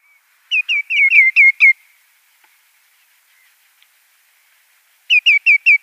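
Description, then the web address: Common greenshank nestling giving rapid, high, downslurred chirps in a burst of about six, then a pause, then another quick run of four. "Schulze Peter Greenshank nestling"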